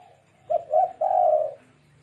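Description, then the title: Dove song of three low hooting coos, two short notes followed by a longer, sustained coo, in a quiet setting. "Canto Da Pomba"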